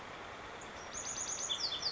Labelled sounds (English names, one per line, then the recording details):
Chestnut-backed Chickadee
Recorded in Sonoma County, California